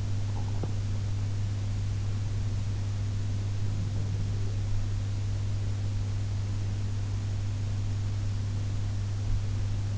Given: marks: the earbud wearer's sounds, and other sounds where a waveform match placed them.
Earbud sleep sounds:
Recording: sounds in sleep by an in-ear microphone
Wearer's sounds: teeth grinding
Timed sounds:
0.00-1.23 s: teeth grinding

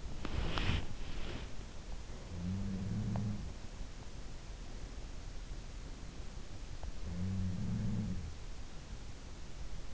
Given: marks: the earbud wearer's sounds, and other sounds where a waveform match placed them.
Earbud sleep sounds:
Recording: sounds in sleep by an in-ear microphone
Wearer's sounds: body movement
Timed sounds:
0.00-1.71 s: body movement
2.30-3.61 s: sound from someone else or the room
6.95-8.39 s: sound from someone else or the room

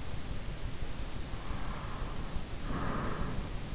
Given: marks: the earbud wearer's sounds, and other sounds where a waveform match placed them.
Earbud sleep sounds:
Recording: sounds in sleep by an in-ear microphone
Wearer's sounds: breath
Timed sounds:
1.68-3.35 s: breath

